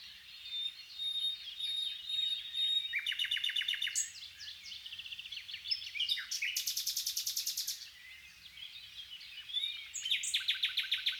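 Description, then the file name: Common nightingale song: several bursts of rapid rattling, repeated notes between thin whistles and chirps. "Luscinia megarhynchos"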